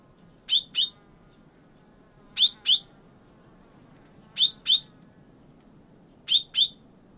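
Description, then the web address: Bird calling in four doubled high chips, each pair roughly two seconds after the last, over a steady low hiss. "Bird Only"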